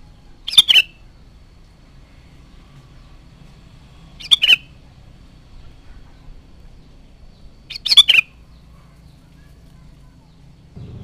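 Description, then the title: Sooty-headed bulbul repeating a short bubbly, downslurred phrase three times, a few seconds apart, in quiet surroundings. "Kutilang"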